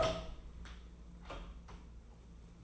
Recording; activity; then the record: daily activity, microphone in the room; open door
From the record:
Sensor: 1